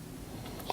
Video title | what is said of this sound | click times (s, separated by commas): Starting your vehicle with a dead key fob and fob battery replacement | and it snaps right in. | 0.7 s